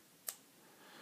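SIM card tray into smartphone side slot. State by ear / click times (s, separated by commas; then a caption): seated / 0.3 s. A metal SIM card tray holding a SIM card is slid into the side slot of an iPhone SE until it clicks home. A single short, sharp click sounds at 0.3 s against a quiet background, and the tray is seated.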